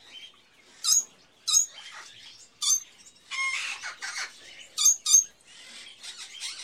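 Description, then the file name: Assorted birds squawking, several sharp loud shrieks, a longer raspy call, and quieter chatter underneath. Various birds in a pet shop, ambience. "Sound Ideas 2000 Series - Birds, Various Birds In A Pet Shop, Ambience"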